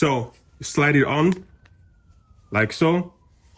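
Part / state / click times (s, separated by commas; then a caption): throttle cam sleeve onto motorcycle throttle tube / not seated / none. Someone talks while sliding a plastic throttle cam sleeve, the best-fitting of three sizes, onto the throttle tube of a salvage, crash-damaged Kawasaki Ninja ZX-6R being rebuilt. The sleeve is still being handled and nothing has seated or clicked yet.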